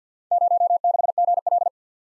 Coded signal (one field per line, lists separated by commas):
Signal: Morse code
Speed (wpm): 49 wpm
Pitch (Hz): 700 Hz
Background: none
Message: 06GL